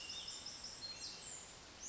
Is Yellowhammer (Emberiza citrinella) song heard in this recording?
no